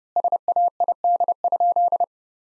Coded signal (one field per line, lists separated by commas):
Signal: Morse code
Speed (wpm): 32 wpm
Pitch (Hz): 700 Hz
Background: none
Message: SAID?